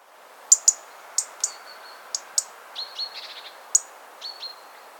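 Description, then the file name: European robin calls: crisp high ticks, some paired, alternating with short thin whistled notes and a brief rapid flutter of clicks midway. "Erithacus rubecula"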